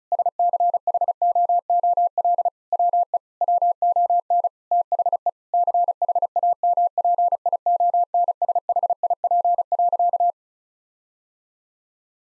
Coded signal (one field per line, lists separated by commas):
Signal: Morse code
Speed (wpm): 36 wpm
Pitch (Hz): 700 Hz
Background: none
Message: SCHOOL WE WON THE CHAMPIONSHIP.